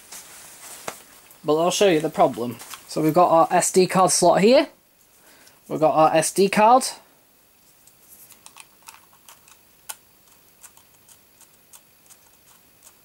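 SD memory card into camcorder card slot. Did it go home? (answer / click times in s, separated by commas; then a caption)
no / none. Someone talks while showing the SD card slot of a Sony AX43 4K camcorder, then pushes an SD memory card into the slot several times, making a series of small, faint taps and knocks from about 8.5 to 12 seconds. The card's spring latch no longer catches, so the card does not stay in and nothing clicks or seats.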